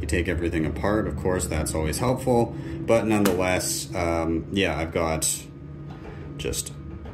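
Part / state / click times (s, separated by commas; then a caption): cable connector into miner board socket / not seated / none. A cable connector is handled near its socket on a miner board while someone talks for most of the clip. The voice stops around 5.3 seconds, leaving quieter handling noise. Nothing has seated or clicked yet.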